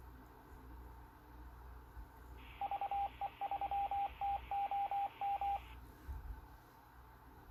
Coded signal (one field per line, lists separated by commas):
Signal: Morse code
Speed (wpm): 24 wpm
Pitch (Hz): 800 Hz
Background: radio noise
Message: VE3TOM